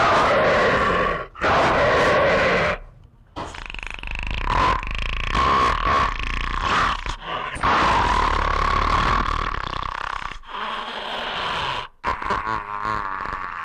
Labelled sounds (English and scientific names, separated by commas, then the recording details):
Striped Hyaena (Hyaena hyaena)
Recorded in captivity
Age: adult
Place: Tierpark Berlin, Berlin, DE
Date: 1960-02-15
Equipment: Reporter, Vollspur
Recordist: TSA